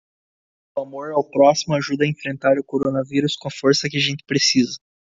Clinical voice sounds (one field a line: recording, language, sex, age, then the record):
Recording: spoken sentence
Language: Brazilian Portuguese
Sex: male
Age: 18 to 19 years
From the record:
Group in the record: control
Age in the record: 19 years